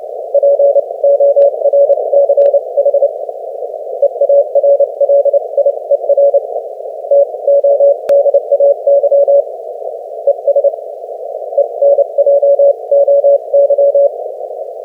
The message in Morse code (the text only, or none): PORCH EARLIER TODAY ES ENJOY